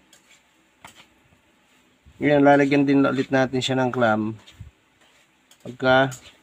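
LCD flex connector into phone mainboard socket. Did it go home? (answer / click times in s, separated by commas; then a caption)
no / none. The LCD flex connector of a realme 10 pro is handled over the phone's mainboard socket, before the clamp goes back on, while someone talks. Faint ticks are heard at 0.1, 0.9 and 5.5 seconds, but the display connector has not seated or clicked in yet.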